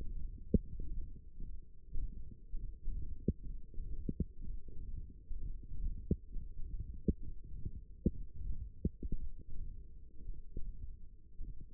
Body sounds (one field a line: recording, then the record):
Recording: forearm muscle sounds (acoustic myography)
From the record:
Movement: hand closing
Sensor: system 1, eight BSWA MPA416 microphones around the upper forearm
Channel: 2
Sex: male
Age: 23 years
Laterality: right